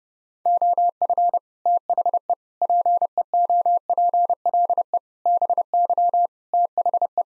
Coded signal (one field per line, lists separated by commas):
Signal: Morse code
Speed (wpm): 30 wpm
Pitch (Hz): 700 Hz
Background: none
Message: OF THE PEOPLE BY THE